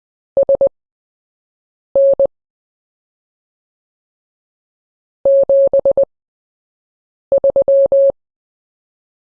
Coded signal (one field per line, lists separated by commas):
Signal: Morse code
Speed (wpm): 20 wpm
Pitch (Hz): 550 Hz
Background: none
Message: SN 73